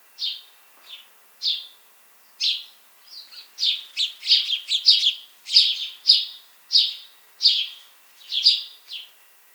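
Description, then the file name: House sparrow chirping, a run of short harsh notes repeated at an uneven pace, thickening into a busy burst midway before spacing out again. "Passer domesticus"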